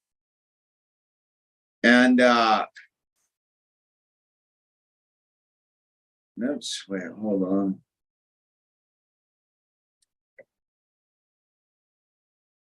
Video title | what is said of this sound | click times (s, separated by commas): Brick click Friday night | why is this not clicking in like it's supposed to what's going on here hold on | none